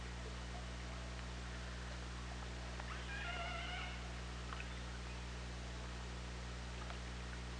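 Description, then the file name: Killer whale call: a short tonal call with stacked harmonics, held briefly near the middle over steady low underwater hum and scattered faint clicks. Recorded on an OrcaLab hydrophone, 24 August 2017, 17:49:23. "Orca Lab UTLN JASON 20170824 174923"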